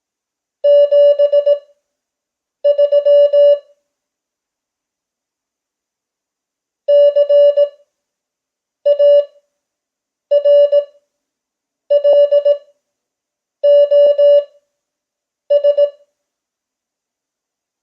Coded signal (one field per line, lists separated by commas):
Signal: Morse code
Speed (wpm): 18 wpm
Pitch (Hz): 580 Hz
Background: none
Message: 73 CARLOS